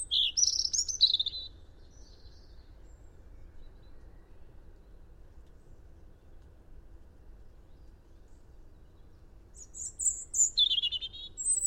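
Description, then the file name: European robin giving short, high, jangling song phrases at the start and end, with a long quiet stretch of soft background hiss in between. "Erithacus rubecula"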